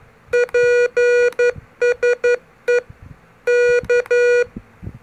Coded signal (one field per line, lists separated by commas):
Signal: Morse code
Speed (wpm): 11 wpm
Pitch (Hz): 480 Hz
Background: none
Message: PSE K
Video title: Morse Code for Beginners | How To Call CQ in CW Mode Ham Radio | Pocket CW Keyer MFJ-403